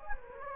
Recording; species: mosquito wingbeat signal from an infrared sensor; Anopheles gambiae